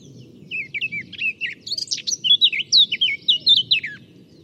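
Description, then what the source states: Eurasian Blackcap song: soft twittering opens, then loud, rich fluty whistles tumble up and down before a final falling note. Recorded at La Chaux, Saint-Bonnet-le-Courreau, on 15 April 2025 with a Tascam DR-05 and parabola; known song, bird seen.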